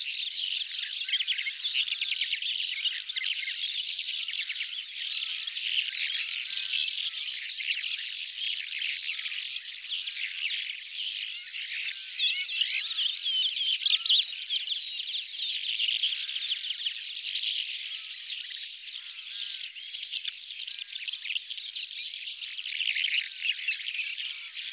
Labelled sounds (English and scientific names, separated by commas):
Calandra Lark (Melanocorypha calandra) song